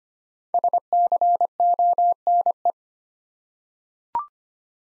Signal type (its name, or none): Morse code